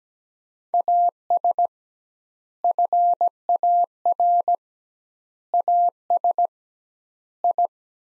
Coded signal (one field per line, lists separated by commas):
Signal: Morse code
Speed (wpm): 17 wpm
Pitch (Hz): 700 Hz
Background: none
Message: AS FAR AS I